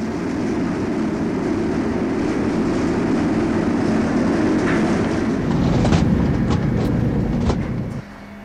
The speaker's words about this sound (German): Das ist der Lärm in unserer Kabine, eine Etage unter dem Flugdeck.